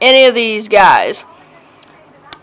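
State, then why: Seated. Someone talks, then after a quiet pause a plastic backpack accessory is pressed onto the back of a toy minifigure's body armor. A faint tap comes at 1.8 s, and a sharp click at 2.3 s marks the backpack snapping into place, seated.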